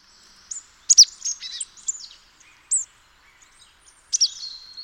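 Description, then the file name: Marsh tit calls: scattered sharp, high downslurred notes separated by short pauses, ending with a burst of chips and a thin, level buzzy note. "Poecile palustris"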